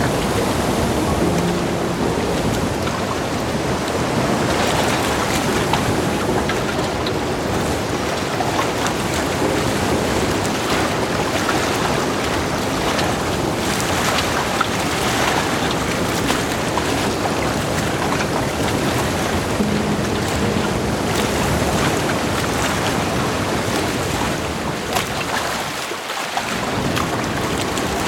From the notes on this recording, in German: Segelausflug am Chiemsee, mit Wind, Wellen, Blitz und Donner